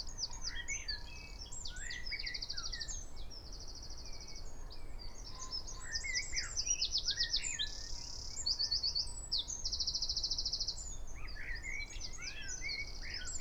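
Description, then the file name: Eurasian wren singing almost without pause, a loud high cascade of sharp notes broken by several rapid, buzzing trills, over a faint low hum. "Troglodytes troglodytes"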